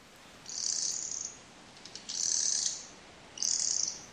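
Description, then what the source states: Mistle thrush dry rattling calls: three harsh, high churring bursts, each under a second long. Rattle flight call, usually heard from the air as the bird flies past; confusable with the wren's rattle but more mechanical in character, like winding up a toy.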